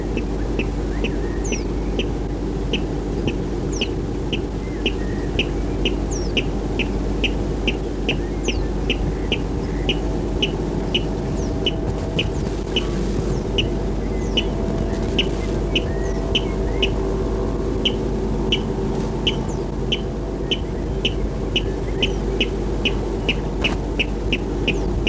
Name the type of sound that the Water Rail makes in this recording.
song